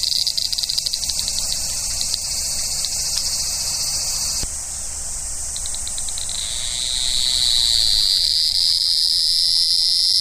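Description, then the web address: Large brown cicada sizzling song, a pulsed rattling buzz that shifts midway into a smooth, steady hiss rising in strength toward the end. "sikioto insect aburazemi"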